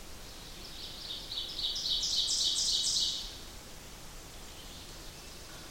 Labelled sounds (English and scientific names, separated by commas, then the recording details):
Ovenbird (Seiurus aurocapilla) song
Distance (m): 20 m
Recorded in boreal forest in Alberta, Canada, on 8 June 2016 at 08:41
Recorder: SongMeter 3, array SBT-3-9
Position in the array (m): 51 m, 111 m
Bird 33